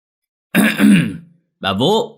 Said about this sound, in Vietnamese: Lão hắng giọng gọi xuống dãy nhà ngang.